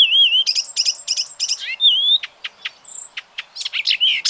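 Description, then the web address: Bird calling with a whistled slur, quick rattling chirps, a thin high whistle and a burst of varied twittering notes. "ornitologiya slovar Ptichki"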